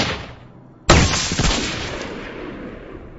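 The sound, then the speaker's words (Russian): A single sharp, loud rifle shot, the second one fired at an enemy, cracks out after the fading tail of an earlier blast, then rolls off into a long, rumbling decay. No voices are heard. “Но только я опять поймал противника в прицел, тут же выстрелил второй раз.”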